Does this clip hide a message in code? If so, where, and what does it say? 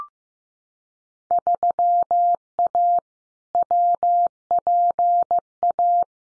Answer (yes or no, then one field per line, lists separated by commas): yes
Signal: Morse code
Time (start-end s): 1.3-6.0 s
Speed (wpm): 15 wpm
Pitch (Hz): 700 Hz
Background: none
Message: 3A WPA